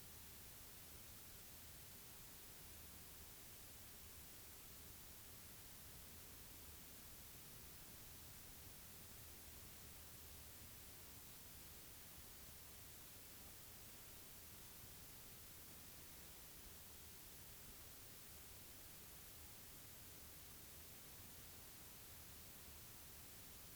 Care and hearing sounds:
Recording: daily activity, guitar pickup as the sensor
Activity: stand

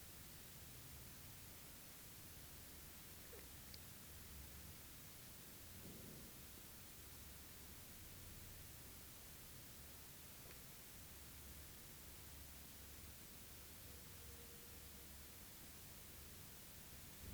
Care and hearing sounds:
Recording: daily activity, guitar pickup as the sensor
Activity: drink water

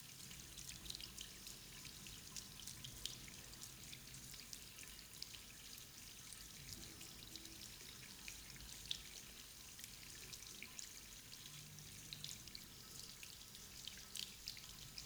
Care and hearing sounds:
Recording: daily activity, guitar pickup as the sensor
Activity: wash hands

